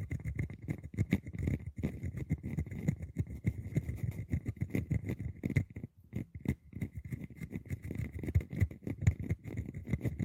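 Scratching on boxes and hollow objects, a dense run of rough, rapid strokes that rasp and rumble low with a hollow body. The scraping keeps going with uneven bursts, briefly pausing near the six-second mark. A thin, steady whine sits faintly above throughout.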